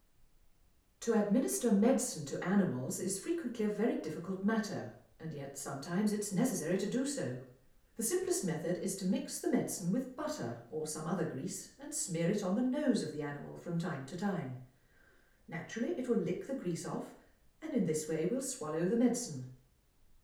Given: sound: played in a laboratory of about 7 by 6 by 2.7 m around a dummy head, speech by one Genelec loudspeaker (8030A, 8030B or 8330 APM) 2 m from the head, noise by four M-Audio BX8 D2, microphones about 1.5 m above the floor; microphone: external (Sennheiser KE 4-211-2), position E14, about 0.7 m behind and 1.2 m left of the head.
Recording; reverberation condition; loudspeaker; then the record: female speech in English; medium; in front (0 degrees)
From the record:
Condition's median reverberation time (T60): about 510 ms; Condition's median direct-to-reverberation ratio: about -0.5 dB